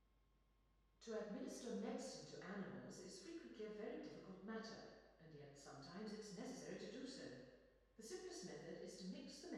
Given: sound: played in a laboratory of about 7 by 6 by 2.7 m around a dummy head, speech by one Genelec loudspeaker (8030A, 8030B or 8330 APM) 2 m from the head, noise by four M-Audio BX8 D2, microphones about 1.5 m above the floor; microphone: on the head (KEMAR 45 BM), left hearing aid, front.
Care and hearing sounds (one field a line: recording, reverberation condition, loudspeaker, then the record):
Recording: female speech in English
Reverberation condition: high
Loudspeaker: 90 degrees to the right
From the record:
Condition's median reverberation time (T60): about 1300 ms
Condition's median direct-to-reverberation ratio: about -4.0 dB